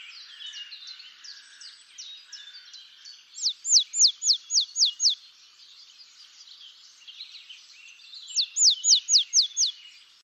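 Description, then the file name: Willow tit singing two runs of six descending whistled notes over busy background twittering. "Mesange boreale"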